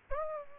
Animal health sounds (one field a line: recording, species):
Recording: mosquito wingbeat signal from an infrared sensor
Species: Aedes aegypti